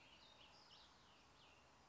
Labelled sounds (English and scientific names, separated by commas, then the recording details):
Cassin's Vireo (Vireo cassinii)
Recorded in Sonoma County, California